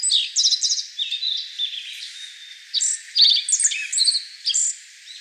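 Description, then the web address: Black-faced bunting singing a rapid series of thin, chirping and buzzy high notes, the phrases running closely together with brief pauses. Recorded 25 May 2013. "birdenaga aoji"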